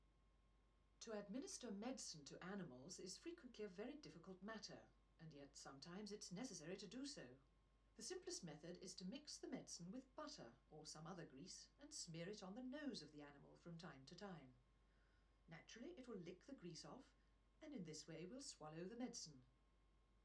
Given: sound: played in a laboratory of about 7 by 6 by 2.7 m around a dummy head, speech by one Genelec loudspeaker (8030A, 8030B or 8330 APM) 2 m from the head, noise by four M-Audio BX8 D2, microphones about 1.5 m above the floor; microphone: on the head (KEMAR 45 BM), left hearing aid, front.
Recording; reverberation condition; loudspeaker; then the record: female speech in English; low; 150 degrees to the left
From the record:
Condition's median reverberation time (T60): about 310 ms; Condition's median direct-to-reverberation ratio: about 3.5 dB